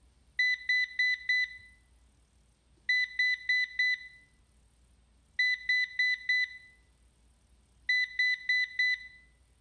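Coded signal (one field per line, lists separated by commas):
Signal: beep code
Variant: Ecovacs DEEBOT robot vacuum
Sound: four quick high electronic beeps, pause, repeated four times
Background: low background hum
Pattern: 4 short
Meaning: Error after docking, suggested to be a battery problem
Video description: Every time it would dock after vacuuming, it would wait about 1 minute then start beeping. It would beep 4 times, wait a few seconds, then beep another 4 times, repeating the process a total of 5 times.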